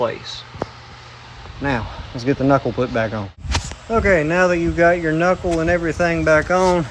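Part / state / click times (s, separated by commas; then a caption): CV axle shaft into front differential / seated / 0.6 s. A new front CV axle shaft on a 2014 Ram 1500 Laramie 5.7L Hemi, with its splines lined up, is pushed into the front differential. A single short click at 0.6 s marks the retainer ring on the end of the shaft seating, so the axle is seated. Someone talks before and after the click.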